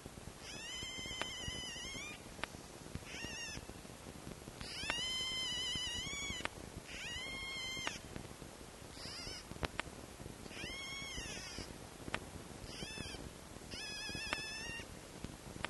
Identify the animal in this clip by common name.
Red Fox